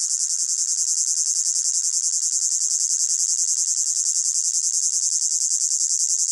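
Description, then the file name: Cicada buzz, high and shrill, pulsing evenly and rapidly without pause throughout. Close-up, pulsating, high-pitched buzz. "gain walkers CICADA Close Up Pulsating Buzz High Pitched"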